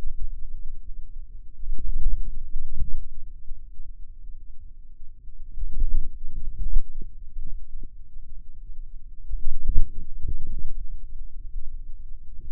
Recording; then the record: forearm muscle sounds (acoustic myography)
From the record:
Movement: inward rotation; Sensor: system 2, bracelet of six BSWA MPA416 microphones around the upper forearm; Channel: 5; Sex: male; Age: 22 years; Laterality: right